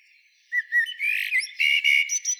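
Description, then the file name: Common blackbird song: short whistled notes, then a rich fluted phrase breaking into high squeaky twitters. "Turdus merula"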